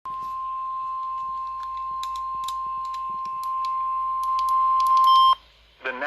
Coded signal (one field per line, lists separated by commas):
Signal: Emergency Alert System (SAME) tones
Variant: 1050 Hz attention tone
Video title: Severe Thunderstorm Watch #370 - My County Included! (EAS #22)